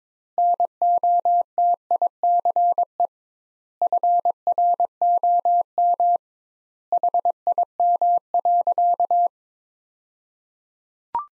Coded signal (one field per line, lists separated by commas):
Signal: Morse code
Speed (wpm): 22 wpm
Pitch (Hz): 700 Hz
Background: none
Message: NOTICE FROM HIM.